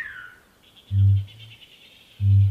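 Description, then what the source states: Kakapo booming: two deep, low booms about 1.3 seconds apart. Males booming on Whenua Hou (Codfish Island), about 3 km off the northwest tip of Rakiura (Stewart Island), New Zealand; the first male booming just below the listeners.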